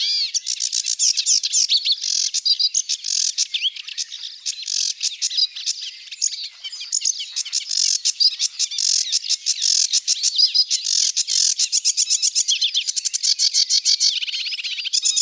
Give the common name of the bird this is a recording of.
Sedge Warbler